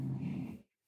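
A single low, buzzy rumble lasts about two-thirds of a second, then cuts to silence. Its rough, vibrating quality fits one snore from a bulldog, a short-nosed breed prone to noisy breathing during sleep, snoring indoors in a room.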